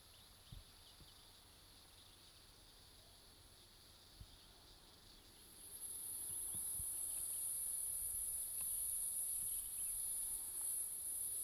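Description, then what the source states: Cicada song, a high continuous buzz that switches on partway through and then holds steady, after quiet background with faint low knocks. Recorded at Zuurberg Pass.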